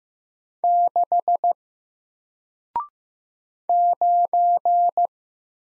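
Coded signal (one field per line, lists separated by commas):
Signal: Morse code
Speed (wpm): 15 wpm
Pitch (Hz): 700 Hz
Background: none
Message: 6 9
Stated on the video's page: Single-character Morse practice at 15 wpm covering letters, numbers, punctuation and prosigns; each is sent, spoken, then sent again for head copy.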